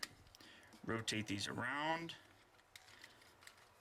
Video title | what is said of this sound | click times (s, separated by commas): Video Review of the Transformers 3 Dark of the Moon (DOTM) Voyager Class; Autobot Ratchet | back up and in that'll click into place fold that up | 0.0 s